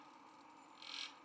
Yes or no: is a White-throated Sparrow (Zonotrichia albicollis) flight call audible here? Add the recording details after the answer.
no. No flight call is heard. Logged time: 05:14 on 31 October 2014